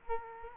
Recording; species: mosquito wingbeat signal from an infrared sensor; Culex quinquefasciatus